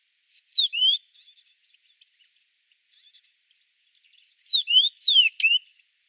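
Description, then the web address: Common rock thrush uttering two short bursts of bright slurred whistles, roughly four seconds apart, with soft scattered ticking notes between them. Part of a Birds of Russia collection. "Pticy Rossii Pyostryj kamennyj drozd Monticola saxatilis. Drozd kamennyj pestryj Monticola saxatilis"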